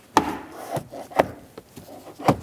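A plastic glove box on a 2011–2027 Dodge Durango is hinged up so its two retaining tabs seat in the dashboard. Sharp clicks at 0.2 s and 2.3 s, with a smaller knock around 1.2 s and light rubbing of plastic between them. Both tabs snap into place and the glove box is seated.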